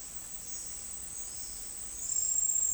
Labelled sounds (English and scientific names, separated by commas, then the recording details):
none
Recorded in dense forest near Puerto Asís, Putumayo, Colombia, on 12 March 2025 at 12:00
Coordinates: 0.484, -76.317
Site G064